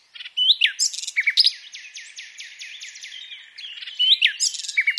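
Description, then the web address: Common nightingale song, sharp chips leading into a long series of fast, evenly spaced downslurred notes, then more varied chattering at the end. "SETE Luscinia megarhynchos"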